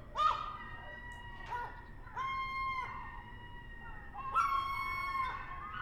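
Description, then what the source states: Herring gull calls: a few drawn-out harmonic mewing notes separated by pauses. Adult herring gulls calling.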